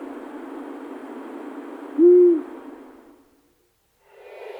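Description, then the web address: Owl giving one short, low, slightly arched hoot over background hiss. "sons oiseaux hibou"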